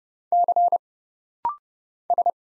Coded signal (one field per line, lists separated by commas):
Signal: Morse code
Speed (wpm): 29 wpm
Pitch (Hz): 700 Hz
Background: none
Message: C S